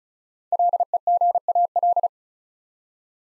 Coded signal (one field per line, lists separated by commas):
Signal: Morse code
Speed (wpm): 36 wpm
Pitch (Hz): 700 Hz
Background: none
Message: LEGAL